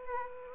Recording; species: mosquito wingbeat signal from an infrared sensor; Aedes aegypti